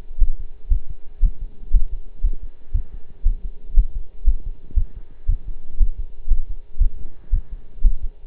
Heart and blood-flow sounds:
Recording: heart sounds by stethoscope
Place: between the tricuspid and mitral areas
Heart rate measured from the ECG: 118 bpm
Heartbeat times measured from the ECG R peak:
0.21 s: heartbeat
0.71 s: heartbeat
1.23 s: heartbeat
1.73 s: heartbeat
2.24 s: heartbeat
2.74 s: heartbeat
3.26 s: heartbeat
3.76 s: heartbeat
4.27 s: heartbeat
4.76 s: heartbeat
5.28 s: heartbeat
5.80 s: heartbeat
6.30 s: heartbeat
6.80 s: heartbeat
7.33 s: heartbeat
7.84 s: heartbeat
From the record:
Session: pedaling a stationary bicycle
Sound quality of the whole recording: partially saturated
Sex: male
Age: 23 years

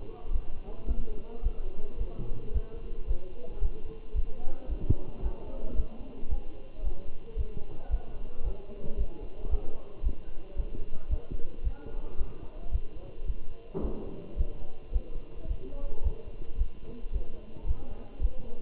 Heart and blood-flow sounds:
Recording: heart sounds by stethoscope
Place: between the tricuspid and mitral areas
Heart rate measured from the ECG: 111 bpm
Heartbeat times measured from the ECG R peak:
0.33 s: heartbeat
0.89 s: heartbeat
1.44 s: heartbeat
1.99 s: heartbeat
2.54 s: heartbeat
3.09 s: heartbeat
3.63 s: heartbeat
4.16 s: heartbeat
4.70 s: heartbeat
5.24 s: heartbeat
5.77 s: heartbeat
6.31 s: heartbeat
6.85 s: heartbeat
7.38 s: heartbeat
7.92 s: heartbeat
8.45 s: heartbeat
8.99 s: heartbeat
9.51 s: heartbeat
10.05 s: heartbeat
10.58 s: heartbeat
11.11 s: heartbeat
11.65 s: heartbeat
12.19 s: heartbeat
12.73 s: heartbeat
13.28 s: heartbeat
13.83 s: heartbeat
14.38 s: heartbeat
14.94 s: heartbeat
15.49 s: heartbeat
16.04 s: heartbeat
16.59 s: heartbeat
17.14 s: heartbeat
17.68 s: heartbeat
18.23 s: heartbeat
From the record:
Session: Bruce protocol treadmill stress test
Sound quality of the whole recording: good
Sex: male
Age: 27 years

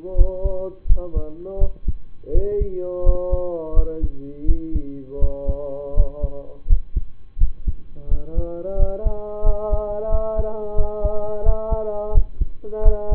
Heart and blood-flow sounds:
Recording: heart sounds by stethoscope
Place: between the tricuspid and mitral areas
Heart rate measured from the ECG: 85 bpm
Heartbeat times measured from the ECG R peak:
0.14 s: heartbeat
0.86 s: heartbeat
1.57 s: heartbeat
2.31 s: heartbeat
3.02 s: heartbeat
3.73 s: heartbeat
4.45 s: heartbeat
5.18 s: heartbeat
5.93 s: heartbeat
6.66 s: heartbeat
7.37 s: heartbeat
8.08 s: heartbeat
8.76 s: heartbeat
9.43 s: heartbeat
10.09 s: heartbeat
10.75 s: heartbeat
11.42 s: heartbeat
12.11 s: heartbeat
12.82 s: heartbeat
From the record:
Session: rest, lying down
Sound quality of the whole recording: partially saturated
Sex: male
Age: 25 years

